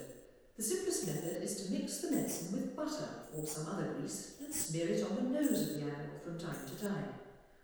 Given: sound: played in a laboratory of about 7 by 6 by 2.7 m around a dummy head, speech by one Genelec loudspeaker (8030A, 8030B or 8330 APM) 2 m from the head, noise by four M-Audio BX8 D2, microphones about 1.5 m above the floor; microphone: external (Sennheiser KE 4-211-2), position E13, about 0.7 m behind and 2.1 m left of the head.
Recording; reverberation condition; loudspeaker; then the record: female speech in English; high; 30 degrees to the right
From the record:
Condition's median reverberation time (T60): about 1300 ms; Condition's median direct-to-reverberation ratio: about -4.0 dB